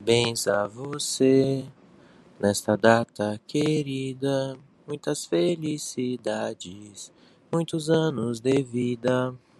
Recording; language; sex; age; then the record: short text; Brazilian Portuguese; male; 20 to 29 years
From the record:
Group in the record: control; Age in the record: 25 years